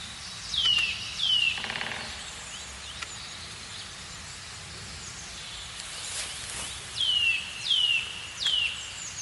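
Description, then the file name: Eurasian nuthatch calls: a pair of sharp descending whistles, a pause with soft background hiss, then three more falling notes spaced under a second apart. "Sitta europaea"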